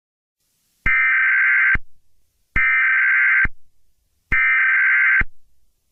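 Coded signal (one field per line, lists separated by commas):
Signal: Emergency Alert System (SAME) tones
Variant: header bursts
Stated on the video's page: Fictional, made-up EAS alert; not a real broadcast.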